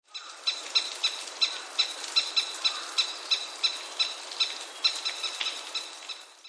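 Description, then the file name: Crested kingfisher calling, harsh rasping notes repeated about three times a second, steady throughout, over a bright hiss of background noise. "yamase"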